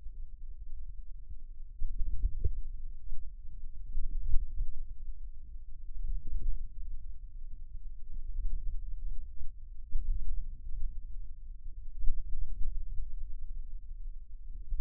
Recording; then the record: forearm muscle sounds (acoustic myography)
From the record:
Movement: ulnar deviation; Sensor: system 2, bracelet of six BSWA MPA416 microphones around the upper forearm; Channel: 1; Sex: male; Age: 22 years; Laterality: right